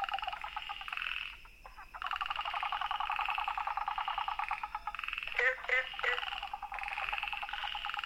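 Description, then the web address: Frogs calling in a chorus of rapid pulsed trills that run almost without pause, joined partway through by a few louder, sharply sweeping notes. Recorded 13 April 2014. "frog rec 140413"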